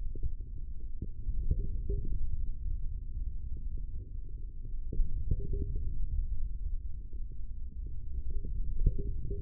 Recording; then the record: forearm muscle sounds (acoustic myography)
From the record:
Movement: hand closing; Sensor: system 3, bracelet of six PUI Audio POM-2738L microphones around the upper forearm, with dedicated amplification and filtering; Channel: 5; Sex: male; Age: 25 years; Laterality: right